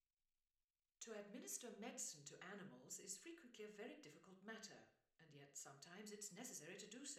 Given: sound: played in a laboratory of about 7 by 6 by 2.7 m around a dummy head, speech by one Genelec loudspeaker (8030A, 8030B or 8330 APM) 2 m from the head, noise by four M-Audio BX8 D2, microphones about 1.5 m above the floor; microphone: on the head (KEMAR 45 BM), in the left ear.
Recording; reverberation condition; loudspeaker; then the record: female speech in English; medium; 90 degrees to the left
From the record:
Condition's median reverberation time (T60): about 510 ms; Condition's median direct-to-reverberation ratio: about -0.5 dB